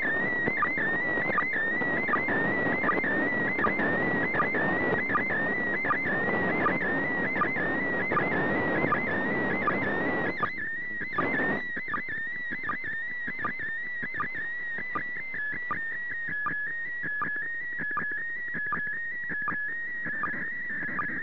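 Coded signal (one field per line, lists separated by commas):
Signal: SSTV (slow-scan television)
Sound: warbling, slowly shifting tone with a short low click roughly every three-quarters second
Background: radio static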